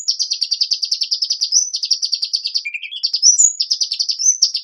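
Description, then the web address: Hummingbird song made of fast, pulsing high chatter, pausing for a short lower warble midway before the rapid squeaky trilling resumes. "singing hummingbirds"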